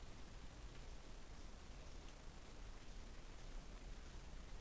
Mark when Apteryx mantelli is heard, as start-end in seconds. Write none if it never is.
none